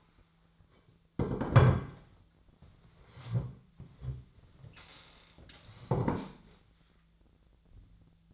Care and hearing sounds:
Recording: daily activity, microphone in the room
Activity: sit down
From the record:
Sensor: 3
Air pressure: 1008.1 hPa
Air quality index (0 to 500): 191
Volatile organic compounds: 14 ppm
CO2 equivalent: 2456 ppm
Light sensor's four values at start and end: 12/28/12/12 and 12/27/12/12

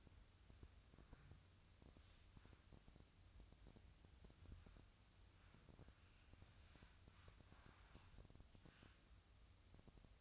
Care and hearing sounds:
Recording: daily activity, microphone in the room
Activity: wipe stove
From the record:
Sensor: 2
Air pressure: 1004.7 hPa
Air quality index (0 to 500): 76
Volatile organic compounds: 1 ppm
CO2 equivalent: 904 ppm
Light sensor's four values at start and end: 7/16/6/6 and 7/16/6/6

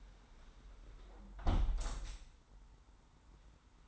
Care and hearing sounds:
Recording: daily activity, microphone in the room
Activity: close window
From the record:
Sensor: 3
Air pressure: 991.2 hPa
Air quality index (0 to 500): 127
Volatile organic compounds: 147 ppm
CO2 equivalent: 4008 ppm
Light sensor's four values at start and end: 49/134/54/48 and 48/132/54/47

